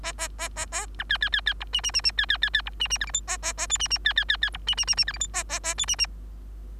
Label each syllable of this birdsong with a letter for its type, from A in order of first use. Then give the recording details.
A A A A A B C C C C D E E E E C C C C D E E F G H A A A I E E C C C C D E E E E F G H A A A I E E. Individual Bird3